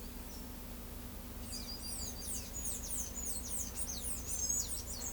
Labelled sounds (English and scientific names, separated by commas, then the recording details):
Palm Tanager (Thraupis palmarum)
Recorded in pastures near Pivijay, Magdalena, Colombia, on 3 June 2023 at 11:30
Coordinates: 10.456, -74.369
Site P6-G026